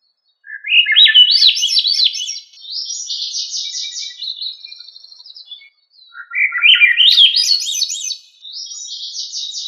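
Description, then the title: Thrush song in two long bursts of fast, twittering, rising and falling notes. Each burst ends in softer buzzy trills, with a short pause between them. "Familia Turdidae - Sabia"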